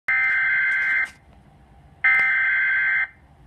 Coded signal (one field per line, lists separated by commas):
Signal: Emergency Alert System (SAME) tones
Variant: header bursts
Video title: Tornado Warning (EAS #68)